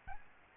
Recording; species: mosquito wingbeat signal from an infrared sensor; Aedes albopictus